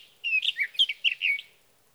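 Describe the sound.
Sage thrasher giving a short burst of song, a quick string of clear whistled and slurred notes lasting just over a second.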